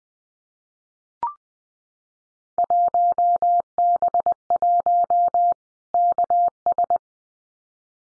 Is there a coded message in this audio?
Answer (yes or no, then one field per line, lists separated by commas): yes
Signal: Morse code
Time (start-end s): 2.6-7.0 s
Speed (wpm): 20 wpm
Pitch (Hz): 700 Hz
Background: none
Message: 1B1 KS